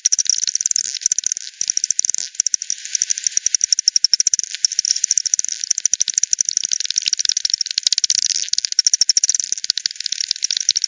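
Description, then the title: Bat echolocation pulses, dense and loud, forming rapid click trains throughout. Multiple bats at the Hogsmill River, Hogsmill Lane, 7 October 2020 at 18:10 UTC; recorded with frequency division by ten, band-pass filtered and resampled. "WW bat 20201007 T 18 : 10 Z-Hogsmill-Lane-Hogsmill-River-multiple-bats"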